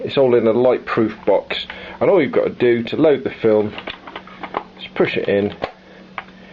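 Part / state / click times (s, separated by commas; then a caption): Super 8 film cartridge into cine camera / seated / 6.2 s. A Super 8 film cartridge, a plastic light-proof box, is pushed into the film chamber of a cine camera while someone talks. A few small clicks and rattles come around 4.1–4.6 s, then a single sharp click at 6.2 s as the cartridge seats in place.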